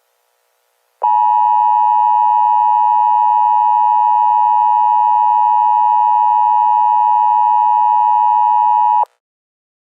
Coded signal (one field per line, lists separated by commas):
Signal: Emergency Alert System (SAME) tones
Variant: 853 and 960 Hz attention tone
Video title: EAS Comedy: Evil Killer Clown Alert